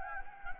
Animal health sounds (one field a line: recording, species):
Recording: mosquito wingbeat signal from an infrared sensor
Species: Anopheles gambiae